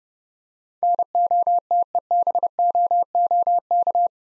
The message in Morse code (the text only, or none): NOTEBOOK